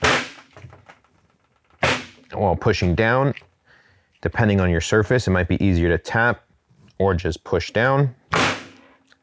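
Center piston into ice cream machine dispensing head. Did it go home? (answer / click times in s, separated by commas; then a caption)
yes / 8.3 s. The center piston of a Carpigiani 920 P soft-serve ice cream machine's dispensing head is tapped and pushed down into its plastic bore, with a few light knocks early on while someone talks. A sharp, firm snap is heard at 8.3 s, and the piston is seated home.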